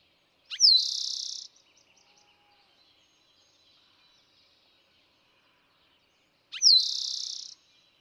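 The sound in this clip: Eastern towhee song: two loud phrases about six seconds apart, each a sharp downslurred note followed by a buzzy trill, with faint chips between them.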